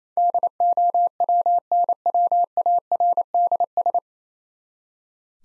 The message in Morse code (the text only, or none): DOWNWARDS